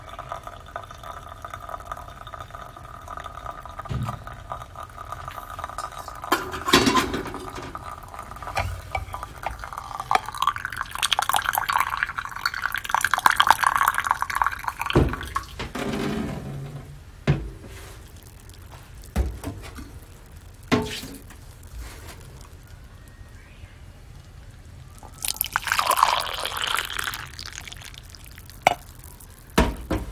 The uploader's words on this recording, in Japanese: 今朝は”グアテマラSHB”を焙煎。